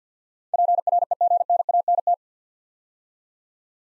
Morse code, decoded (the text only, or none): PREGNANT